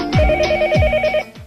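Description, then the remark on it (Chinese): A telephone rings on the 110 police emergency line with a steady electronic trill, sounding in short repeated bursts alongside low thumping beats, fairly loud, with no voices present. “有啊，你就接电话吧。”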